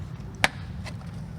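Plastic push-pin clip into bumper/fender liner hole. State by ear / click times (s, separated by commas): seated / 0.4 s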